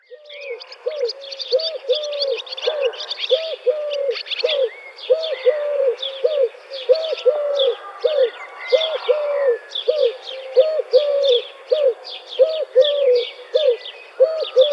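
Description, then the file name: Eurasian collared dove cooing in low, soft hollow notes repeated steadily throughout, over a busy background of high chirping and twittering from other small birds. "streptopelia decaocto"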